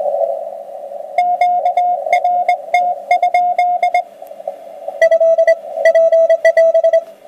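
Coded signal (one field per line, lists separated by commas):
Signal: none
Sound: music beeps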